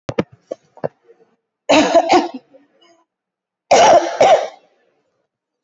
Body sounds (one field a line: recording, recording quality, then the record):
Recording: heavy voluntary cough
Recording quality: excellent, no background noise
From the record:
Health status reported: recovered from COVID-19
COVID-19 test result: positive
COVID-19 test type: RT-PCR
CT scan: taken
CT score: 12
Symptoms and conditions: cough, fever, fatigue, another condition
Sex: female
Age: 65 years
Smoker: no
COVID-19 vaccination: both doses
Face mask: not worn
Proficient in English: yes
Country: India